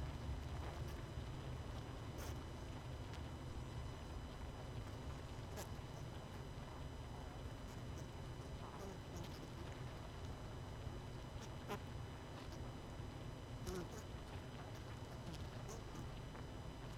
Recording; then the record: honeybee colony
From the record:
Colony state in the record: missing queen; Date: 31 May 2018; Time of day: 20:11